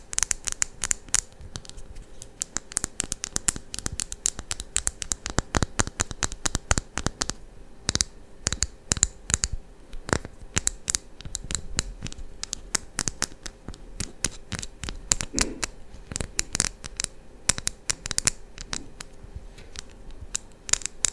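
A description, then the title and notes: Quick tapping on a bar of soap, a dense run of sharp, dry clicks that go on for the whole clip in uneven bursts. Some taps land harder and brighter than others. A faint steady hum sits underneath throughout. ASMR Tapping on Soap (No Talking).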